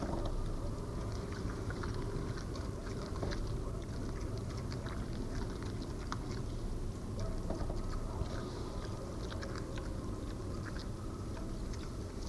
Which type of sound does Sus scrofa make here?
call